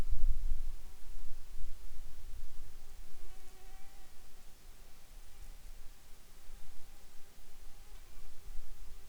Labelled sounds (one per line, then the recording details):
insects
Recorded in the Arctic National Wildlife Refuge, Alaska, on 10 July 2019 at 18:18
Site 44